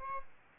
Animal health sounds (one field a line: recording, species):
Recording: mosquito wingbeat signal from an infrared sensor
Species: Aedes albopictus